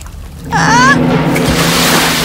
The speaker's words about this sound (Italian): Ah! Oh! Acqua salata? Ah! Sono in qualche modo caduta in mare? Non ci volle molto perché Alice realizzasse. Erano davvero le sue lacrime.